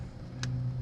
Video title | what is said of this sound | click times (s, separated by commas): 95 Cherokee XJ stumble and a miss | Yep, there we go. Heard it click. | 0.4 s